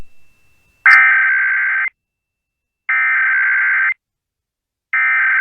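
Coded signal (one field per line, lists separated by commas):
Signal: Emergency Alert System (SAME) tones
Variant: header bursts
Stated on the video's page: National periodic test received off-air on AM and FM broadcast radios, with some static and a weak signal; one station not off-air.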